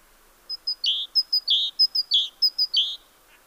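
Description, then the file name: Great tit calling in a bright repeated pattern: two short high whistled notes then a lower slurred note, cycling four times in quick succession. "Parus major"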